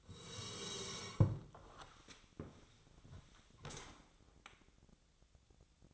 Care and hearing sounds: daily activity, microphone in the room; sit down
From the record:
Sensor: 3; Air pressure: 1000.4 hPa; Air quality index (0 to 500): 169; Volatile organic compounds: 3 ppm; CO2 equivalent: 1474 ppm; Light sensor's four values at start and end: 14/33/14/15 and 14/33/14/15

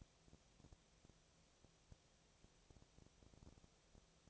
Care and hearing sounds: daily activity, microphone in the room; no activity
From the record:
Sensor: 1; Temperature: 19.6 degrees Celsius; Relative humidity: 36.5%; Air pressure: 997.1 hPa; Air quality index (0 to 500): 204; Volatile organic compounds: 129 ppm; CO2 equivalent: 3922 ppm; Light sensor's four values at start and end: 1/2/1/1 and 1/2/1/1

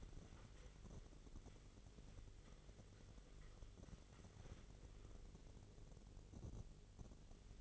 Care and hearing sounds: daily activity, microphone in the room; wipe stove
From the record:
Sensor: 4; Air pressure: 1004.2 hPa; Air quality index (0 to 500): 156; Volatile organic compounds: 2 ppm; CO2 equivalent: 1114 ppm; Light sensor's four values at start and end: 15/35/14/15 and 15/35/14/15

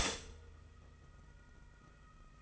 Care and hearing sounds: daily activity, microphone in the room; stop toaster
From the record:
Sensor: 4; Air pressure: 992.6 hPa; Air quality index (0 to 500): 143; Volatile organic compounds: 79 ppm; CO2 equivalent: 3600 ppm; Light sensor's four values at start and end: 18/64/23/24 and 18/64/23/24

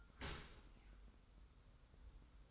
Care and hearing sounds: daily activity, microphone in the room; open dishwasher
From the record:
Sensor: 3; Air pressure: 990.4 hPa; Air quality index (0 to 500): 194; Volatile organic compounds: 1000 ppm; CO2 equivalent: 6356 ppm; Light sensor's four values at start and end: 38/90/37/35 and 38/90/37/35

